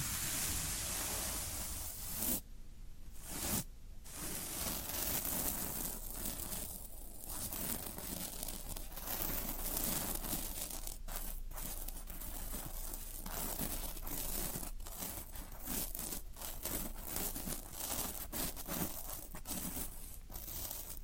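Floral foam being handled, crumbled and pressed for about twenty seconds, giving a dense, continuous crinkling and crunching with a low rumble underneath. Brief gaps and sharper cracks break the texture around 2.5, 3.5 and 7 seconds, and short snaps recur through the second half.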